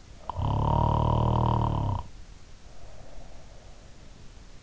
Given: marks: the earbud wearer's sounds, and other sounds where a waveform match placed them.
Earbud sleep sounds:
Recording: sounds in sleep by an in-ear microphone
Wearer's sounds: snoring breath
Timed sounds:
0.08-3.68 s: snoring breath

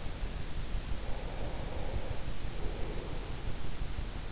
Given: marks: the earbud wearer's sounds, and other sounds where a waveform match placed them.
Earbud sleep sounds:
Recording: sounds in sleep by an in-ear microphone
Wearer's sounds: breath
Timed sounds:
1.19-3.55 s: breath

